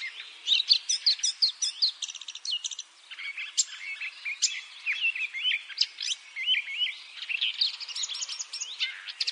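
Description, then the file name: Eurasian blackcap giving a busy warbled song of trills, chips and slurred whistled notes, with a short lull around three seconds. "Sylvia atricapilla"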